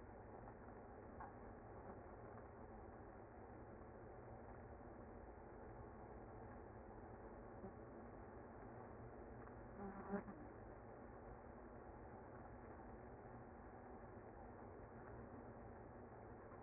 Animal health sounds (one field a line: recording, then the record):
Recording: honeybee colony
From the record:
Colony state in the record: active